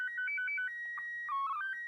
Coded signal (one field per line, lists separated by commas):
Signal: SSTV (slow-scan television)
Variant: PD 120